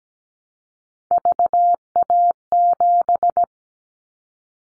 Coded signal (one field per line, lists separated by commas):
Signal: Morse code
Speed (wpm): 17 wpm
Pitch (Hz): 700 Hz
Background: none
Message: VA7